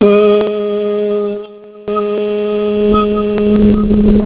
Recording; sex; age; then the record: sustained vowel /a/ by telephone; male; 60 to 69 years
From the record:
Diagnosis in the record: Parkinson's disease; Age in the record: 60 years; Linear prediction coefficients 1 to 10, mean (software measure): 1.30, -0.18, -0.03, -0.51, 0.40, -0.09, 0.07, -0.38, 0.29, -0.04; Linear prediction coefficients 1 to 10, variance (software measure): 0.022, 0.042, 0.029, 0.083, 0.078, 0.022, 0.031, 0.069, 0.035, 0.008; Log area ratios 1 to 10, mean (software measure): -3.48, 1.74, 0.66, 0.48, -0.18, 0.35, 0.16, 0.17, -0.49, 0.09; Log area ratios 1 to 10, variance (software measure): 0.285, 0.201, 0.228, 0.160, 0.102, 0.199, 0.067, 0.075, 0.120, 0.035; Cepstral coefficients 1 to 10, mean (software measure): 1.30, 0.68, 0.48, -0.11, 0.11, 0.02, 0.03, -0.24, -0.14, -0.14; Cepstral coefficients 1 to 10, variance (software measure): 0.022, 0.019, 0.026, 0.047, 0.010, 0.018, 0.016, 0.013, 0.008, 0.004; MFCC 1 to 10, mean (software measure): -5.18, 1.64, 1.03, 0.05, 0.05, -0.80, -1.35, 0.25, 0.20, -0.10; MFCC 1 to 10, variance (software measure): 2.686, 0.043, 0.130, 0.175, 0.210, 0.128, 0.195, 0.089, 0.223, 0.051